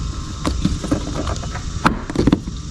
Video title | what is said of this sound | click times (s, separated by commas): Hyundai Tuscon 2016-2020 High and Low Beam Headlight Bulb Replacement #diy #hyundaitucson #youtube | can hear it pop then take it out | 2.3 s